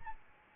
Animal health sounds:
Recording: mosquito wingbeat signal from an infrared sensor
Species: Anopheles arabiensis

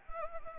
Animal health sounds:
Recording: mosquito wingbeat signal from an infrared sensor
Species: Anopheles arabiensis

